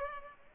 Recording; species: mosquito wingbeat signal from an infrared sensor; Culex pipiens